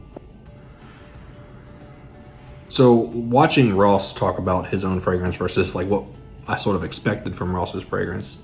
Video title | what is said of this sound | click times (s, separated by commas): First Impressions of Zaharoff Zed Creators Fragrances | let it sit for a few seconds and these caps do click into place really snug | 0.2 s